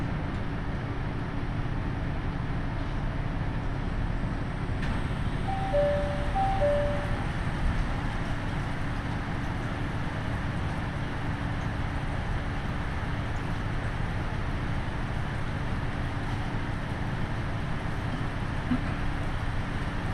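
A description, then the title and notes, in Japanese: A KiHa 75 diesel train on the Taita Line rumbles steadily and densely throughout, with a low drone and a faint humming tone underneath. Around five to seven seconds, a couple of brief high squealing tones appear, then the even running noise continues unchanged. 耳で楽しむ鉄道旅 太多線 美濃太田→多治見キハ75。美濃太田から美濃川合までの間はにわか雨が強く降っていましたが。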